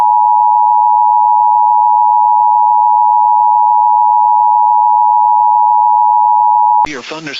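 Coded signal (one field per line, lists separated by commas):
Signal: Emergency Alert System (SAME) tones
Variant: 853 and 960 Hz attention tone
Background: speech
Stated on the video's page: Actual severe thunderstorm warning alert for Imperial, California, with valid EAS header tones.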